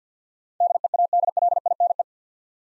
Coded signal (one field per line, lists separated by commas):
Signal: Morse code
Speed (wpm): 52 wpm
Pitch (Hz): 700 Hz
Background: none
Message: DEADLINE